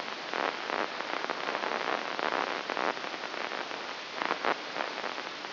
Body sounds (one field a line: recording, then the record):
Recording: brain microelectrode recording played as sound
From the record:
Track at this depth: inside the subthalamic nucleus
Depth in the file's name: 2.405 mm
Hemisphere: right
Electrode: 3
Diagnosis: Parkinson's disease